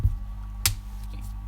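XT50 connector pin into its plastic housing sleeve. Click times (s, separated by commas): 0.7 s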